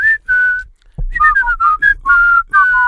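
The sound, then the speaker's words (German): Someone whistles a bright, catchy pop melody, with short bouncy notes hopping between higher and lower pitches after a brief pause, clear and fairly loud with no talking. “Und habe jedes Mal einen anderen Song gepfiffen, so einen klassischen Ohrwurm-Song.”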